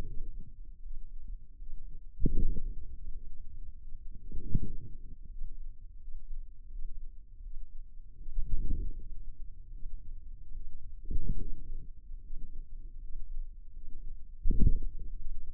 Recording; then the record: forearm muscle sounds (acoustic myography)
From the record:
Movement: wrist flexion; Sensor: system 2, bracelet of six BSWA MPA416 microphones around the upper forearm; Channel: 4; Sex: female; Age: 23 years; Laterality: right